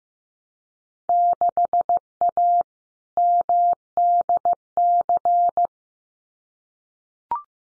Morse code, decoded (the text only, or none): 6A MDC